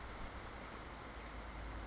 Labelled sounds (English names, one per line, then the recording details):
California Towhee
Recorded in Sonoma County, California